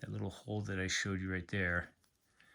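Someone talks while folding a multi-tool closed so the pointed tip of its Phillips screwdriver will nest into a small hole. The talking ends near 1.9 s, leaving quiet handling noise with a faint tick at 2.4 s. Nothing has snapped or seated yet.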